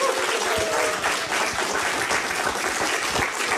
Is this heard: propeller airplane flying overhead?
no